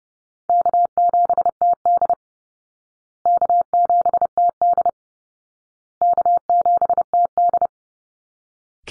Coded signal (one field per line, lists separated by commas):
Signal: Morse code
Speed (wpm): 30 wpm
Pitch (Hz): 700 Hz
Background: none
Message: K7TD K7TD K7TD